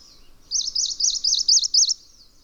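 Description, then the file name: Bird song: a quick run of several wavering, looping high notes. "obscuratus song"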